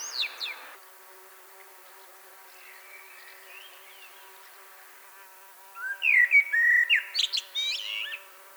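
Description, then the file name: Common blackbird singing: a brief scratchy note at the start, a quiet gap, then a loud mellow warbled phrase ending in rapid high twittering, with a low background hum. "Turdus merula"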